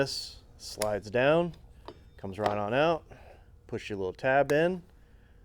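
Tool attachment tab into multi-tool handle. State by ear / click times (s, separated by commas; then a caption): not seated / none. A tool attachment is handled on a multi-tool handle: it slides down and comes out, and its tab is lined up to go into the handle while someone talks. Faint handling noises sit under the voice. The clip ends before the tab goes home, so nothing has seated or clicked yet.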